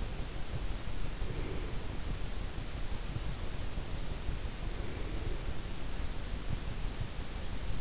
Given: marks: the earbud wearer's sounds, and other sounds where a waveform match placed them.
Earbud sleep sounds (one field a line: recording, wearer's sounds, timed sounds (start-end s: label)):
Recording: sounds in sleep by an in-ear microphone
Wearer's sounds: breath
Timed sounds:
1.27-1.87 s: breath
4.52-5.49 s: breath